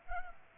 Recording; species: mosquito wingbeat signal from an infrared sensor; Culex pipiens